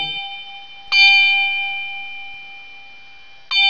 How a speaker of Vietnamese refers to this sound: Đến giờ làm lễ phát tang, thầy Huệ Đạt đứng cạnh bàn thờ, 5-6 người trong ban hộ niệm chùa Phổ Quang đứng hai bên. Trên tay mỗi vị có một quyển kinh mỏng, nghi thức cúng vong bìa vàng. Thầy Huệ Đạt đưa tay gõ 3 tiếng chuông.